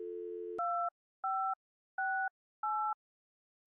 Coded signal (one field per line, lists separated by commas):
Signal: DTMF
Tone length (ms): 330 ms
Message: 2568